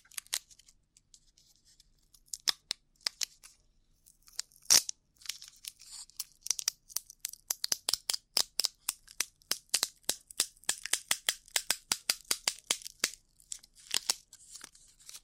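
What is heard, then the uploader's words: Ear cleaning with rough, crackling scratches that start sparse and grow into a dense, fairly regular run of sharp crunchy clicks after about six seconds. The sounds are bright and scratchy, with a few louder pops near 2.5 and 4.7 seconds. ASMR Rough Ear Cleaning (No Talking).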